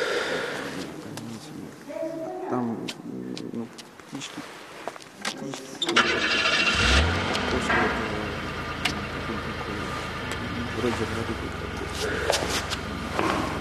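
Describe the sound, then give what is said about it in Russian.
A few seconds of voices give way to a car engine starting with a low rumbling burst, followed by a steady, fairly loud hum as the car drives out of a hospital yard and along a street. “Машина выезжает со двора больницы.”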